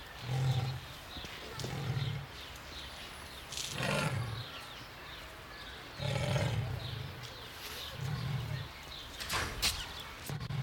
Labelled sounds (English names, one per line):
Leopard